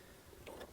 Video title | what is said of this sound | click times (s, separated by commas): Fiat 500 Fuse Box Locations and How to test fuses on Fiat 500 | cover अब अपनी जगह पर लॉक हो गया है, शानदार | 0.5 s